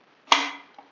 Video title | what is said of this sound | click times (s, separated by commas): Loading 35mm Onto Patterson Reel | and then make sure it's sealed tightly in these patterson tanks there's a click | 0.3 s